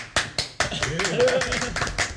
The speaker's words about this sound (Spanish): Bueno, hace un momento terminamos aplaudiendo porque pensábamos que evidentemente nos queríamos ir de copas, pero esto no puede terminar así.